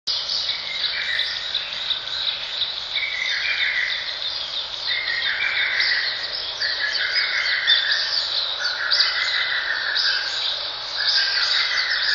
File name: ホトトギス 遠藤